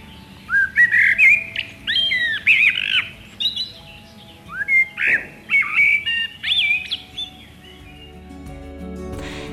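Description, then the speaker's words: Common Blackbird calling: many short, squawky notes in an irregular series, with a low background hum. In September, when blackbirds stock up on berries from hedgerows. "Listen out for the blackbird's call like this."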